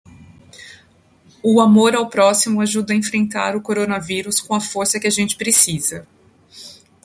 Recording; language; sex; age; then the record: spoken sentence; Brazilian Portuguese; female; 40 to 49 years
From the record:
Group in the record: control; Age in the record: 40 years